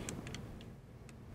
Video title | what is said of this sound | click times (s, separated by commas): How to install the AMD Ryzen Threadripper Processor | and you'll actually kind of feel it click in place Little Bit O | 0.1 s